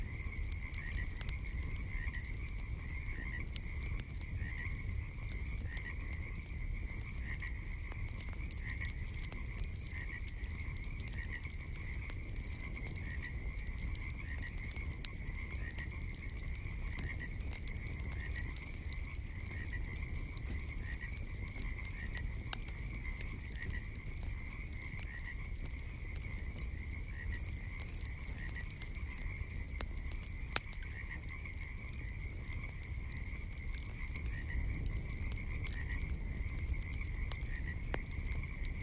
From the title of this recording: NATURE SOUNDS